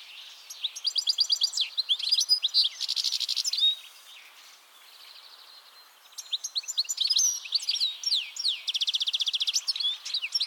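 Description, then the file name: European goldfinch song, bright twittering phrases mixed with buzzy trilled passages, a short quieter pause midway, then lively tinkling notes resume to the end. "Carduelis carduelis"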